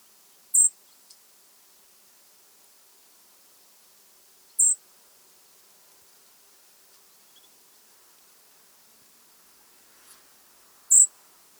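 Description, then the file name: European robin uttering three short, piercing, high-pitched tsee notes spaced several seconds apart, otherwise quiet. "Erithacus rubecula"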